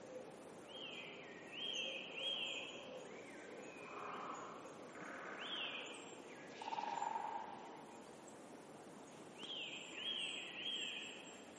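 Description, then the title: Bird song with bright whistled phrases near the top of the range, repeated in bursts, with lower warbling notes and steady background hiss. "pajaros"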